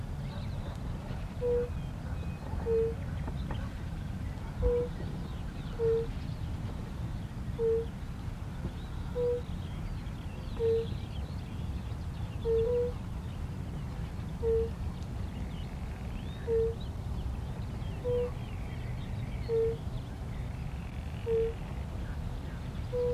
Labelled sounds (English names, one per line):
Fire-Bellied Toad call